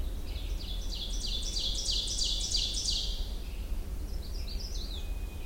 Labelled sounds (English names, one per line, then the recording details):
Ovenbird song
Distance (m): 20 m
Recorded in boreal forest in Alberta, Canada, on 21 June 2016 at 07:23
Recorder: SongMeter 3, array SBT-6-81
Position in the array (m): 155 m, 248 m
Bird 25